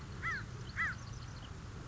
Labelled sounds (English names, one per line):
American Crow